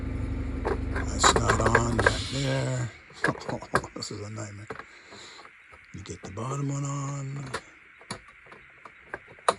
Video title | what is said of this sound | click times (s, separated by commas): VIKING HUSQVARNA 150-E A RARE ANALOG MACHINE BY VIKING THATS NOT TOTALLY LOUSY W/PLASTIC (video 488) | and the top one and it snaps into place it is a nuisance but that's | 9.5 s